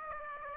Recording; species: mosquito wingbeat signal from an infrared sensor; Aedes aegypti